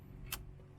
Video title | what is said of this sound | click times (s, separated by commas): Removing CD-changer / headunit / SD drive in Audi, VW, Seat, Skoda | when I place it I should hear a click one | 0.3 s